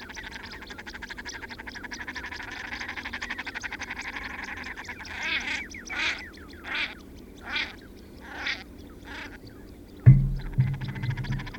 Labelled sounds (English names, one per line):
Common Shelduck courtship call